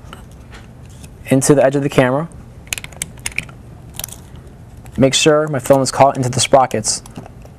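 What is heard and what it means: A 35mm film leader is handled at the take-up edge of a 35mm SLR camera, being fed toward the sprocket teeth and take-up spool, while someone talks. Sharp, brief mechanical ticks sound at about 2.7, 3.0, 3.3, 3.4 and 4.0 seconds between the talking. Nothing has seated or caught in the sprockets yet.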